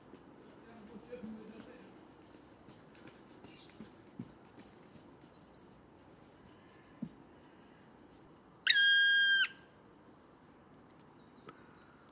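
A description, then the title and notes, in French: In a quiet wood with a steady low hum of traffic, a robin's bright song is barely present, with faint high notes early on. Around nine seconds a loud, stacked, whistling call rings out for under a second. Scattered soft clicks and thumps occur throughout. Premier Rougegorge familier (Erithacus rubicola) de la saison. Nagra seven - Parabole Wildtronic mono. Observation sonore au bois de Vincennes à l'écoute du premier Rougegorge de la saison.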